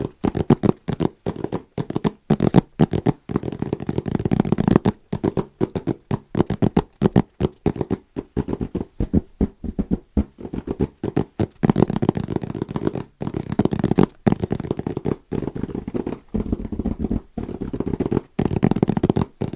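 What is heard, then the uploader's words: Quick fingertip tapping on wrapped Christmas presents, with dense bursts separated by brief silent gaps throughout. The taps sound hollow and papery, weighted toward a low-middle thump with a light rustle of paper on top. The pace stays fast and fairly regular. ASMR Fast & Rhythmic Tapping with Christmas Presents （No Talking）.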